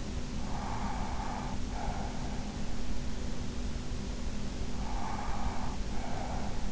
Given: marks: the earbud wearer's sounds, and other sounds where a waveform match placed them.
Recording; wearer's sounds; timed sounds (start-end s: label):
sounds in sleep by an in-ear microphone; breath
0.38-2.55 s: breath
4.67-6.72 s: breath